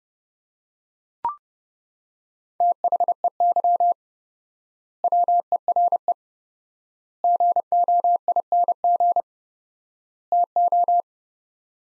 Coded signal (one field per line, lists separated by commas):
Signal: Morse code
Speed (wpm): 32 wpm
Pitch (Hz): 700 Hz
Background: none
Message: THEY WERE GOING TO